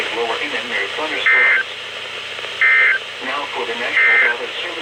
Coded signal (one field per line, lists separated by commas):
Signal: Emergency Alert System (SAME) tones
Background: speech